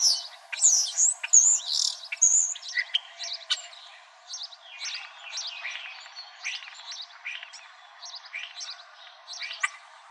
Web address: Starlings Pipits Silky Fly AZFO EUST 2 deviche 042008